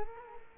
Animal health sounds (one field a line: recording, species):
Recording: mosquito wingbeat signal from an infrared sensor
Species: Culex quinquefasciatus